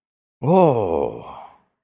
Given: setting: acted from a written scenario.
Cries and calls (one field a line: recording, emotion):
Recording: vocal sound without words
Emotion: positive surprise